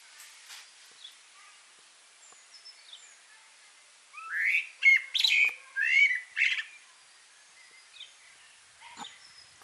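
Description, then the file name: Common blackbird song: after quiet background birdsong, a run of four or five loud mellow fluted notes with squeaky overtones, then quiet again. "Turdus merula"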